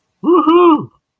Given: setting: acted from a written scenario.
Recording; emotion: vocal sound without words; elation